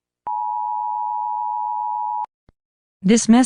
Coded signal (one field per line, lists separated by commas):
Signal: Emergency Alert System (SAME) tones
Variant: 853 and 960 Hz attention tone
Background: speech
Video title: Fire In Texas (EAS scenario [READ DESCRIPTION])